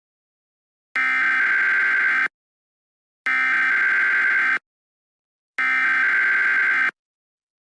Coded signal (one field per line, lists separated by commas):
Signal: Emergency Alert System (SAME) tones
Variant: header bursts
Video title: EAS SCENARIO #8 - Countries are Disappearing!